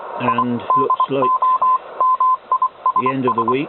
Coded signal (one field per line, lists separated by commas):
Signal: Morse code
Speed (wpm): 24 wpm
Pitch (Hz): 1030 Hz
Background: speech, radio noise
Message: I DO MISS